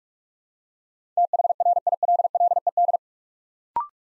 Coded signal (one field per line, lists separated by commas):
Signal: Morse code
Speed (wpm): 44 wpm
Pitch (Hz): 700 Hz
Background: none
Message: THRILLED